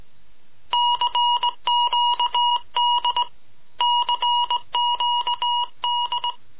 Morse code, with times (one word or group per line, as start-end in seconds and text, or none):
0.7-3.2 CQD
3.8-6.3 CQD